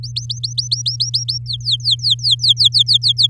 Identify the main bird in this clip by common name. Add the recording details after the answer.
Domestic Canary. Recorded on 10 May 2018 at 16:23. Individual llb16